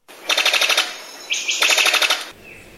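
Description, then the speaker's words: Brown sicklebill call, two bursts of rapid staccato pulses like machine-gun fire, separated by a short rising note, ending in a soft faint tone. Bird of paradise native to New Guinea; during World War II, Japanese soldiers there mistook the call for a machine gunner. "It was, in fact, the call of the brown sicklebill, a species of bird of paradise native to the region."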